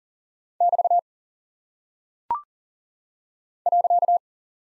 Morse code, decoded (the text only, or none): <BT> .